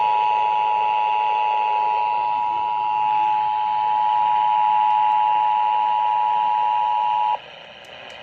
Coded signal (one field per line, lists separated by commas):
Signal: Emergency Alert System (SAME) tones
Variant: 853 and 960 Hz attention tone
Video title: EAS #253 Severe Thunderstorm Warning On WBAP-AM & FM